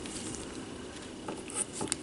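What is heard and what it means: A plastic alternate head is pushed onto the neck peg of a Power Rangers Time Force Lightning Collection Red Ranger action figure, with faint rustling handling noise and a few small ticks. A single sharp snap at 1.9 s marks the head seating onto the peg.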